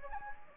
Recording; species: mosquito wingbeat signal from an infrared sensor; Anopheles gambiae